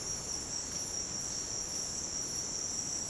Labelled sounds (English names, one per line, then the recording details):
none
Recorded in secondary vegetation near Puerto Asís, Putumayo, Colombia, on 27 June 2025 at 10:30
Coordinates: 0.484, -76.319
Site G074